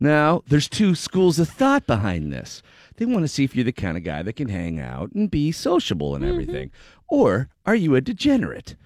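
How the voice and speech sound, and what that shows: Fluent, relaxed conversational speech from an adult male radio host, with normal rhythm and voice quality, plus a brief listener's "mm-hmm."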